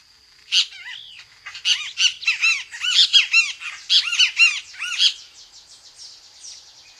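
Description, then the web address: Great kiskadee giving loud, harsh, squawky notes in irregular bursts. North America. "Songs of Birds of North America Stokes. Great Kiskadee"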